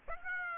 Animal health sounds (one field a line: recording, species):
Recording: mosquito wingbeat signal from an infrared sensor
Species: Aedes aegypti